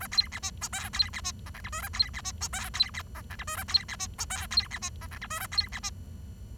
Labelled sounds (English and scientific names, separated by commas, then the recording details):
Bengalese Finch (Lonchura striata domestica) song
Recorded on 23 June 2012 at 08:20
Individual gr41rd51